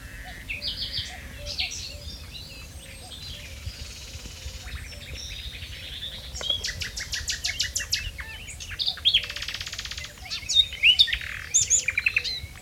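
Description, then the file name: Common nightingale song, a dense run of varied phrases with rapid repeated high notes and buzzy trills, growing louder toward the end, over a low continuous chorus of other calls. "Luscinia megarhynchos"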